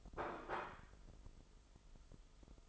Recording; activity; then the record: daily activity, microphone in the room; place plate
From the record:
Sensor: 5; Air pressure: 988.7 hPa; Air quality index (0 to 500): 235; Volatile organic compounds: 196 ppm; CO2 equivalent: 4200 ppm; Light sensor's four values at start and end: 40/125/48/52 and 40/125/48/52